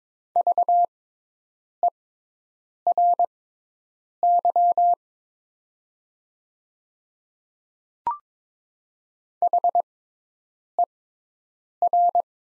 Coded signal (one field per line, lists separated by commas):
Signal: Morse code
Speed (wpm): 22 wpm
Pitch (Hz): 700 Hz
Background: none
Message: VERY HER